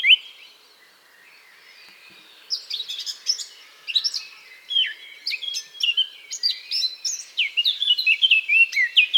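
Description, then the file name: Eurasian blackcap song: soft subdued twitter building into a loud, fast, varied warble of fluty whistled and scratchy notes that continues to the end. "Sylvia atricapilla"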